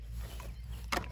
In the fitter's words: another quarter turns back, it all locks into place.